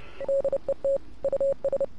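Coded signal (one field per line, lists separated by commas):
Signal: Morse code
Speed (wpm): 30 wpm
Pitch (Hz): 550 Hz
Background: none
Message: DET US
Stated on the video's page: Morse code from the game Oxenfree.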